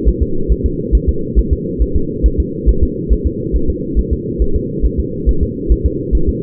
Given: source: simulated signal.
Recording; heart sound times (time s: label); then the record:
fetal heart sounds
0.08 s: S1
0.23 s: S2
0.52 s: S1
0.66 s: S2
0.95 s: S1
1.09 s: S2
1.39 s: S1
1.53 s: S2
1.82 s: S1
1.96 s: S2
2.26 s: S1
2.40 s: S2
2.69 s: S1
2.83 s: S2
3.12 s: S1
3.27 s: S2
3.56 s: S1
3.70 s: S2
3.99 s: S1
4.13 s: S2
4.42 s: S1
4.56 s: S2
4.86 s: S1
5.00 s: S2
5.29 s: S1
5.43 s: S2
5.72 s: S1
5.86 s: S2
6.15 s: S1
6.29 s: S2
From the record:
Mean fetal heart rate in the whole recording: 140 bpm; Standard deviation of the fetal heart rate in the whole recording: 2 bpm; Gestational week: 34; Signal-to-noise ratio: -8.1 dB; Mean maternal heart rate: 72 bpm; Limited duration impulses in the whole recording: absent